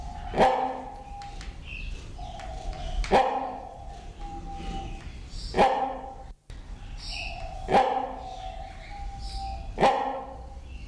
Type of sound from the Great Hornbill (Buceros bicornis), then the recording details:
call. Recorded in captivity. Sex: pair. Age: adult. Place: Zoo Berlin, Berlin, DE. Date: 1993-01-16 10:52. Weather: heiter, 10-13°C. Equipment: Marantz CP 430, Sennheiser ME 80, Kopie Uher Variocord 263. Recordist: Tembrock, Günter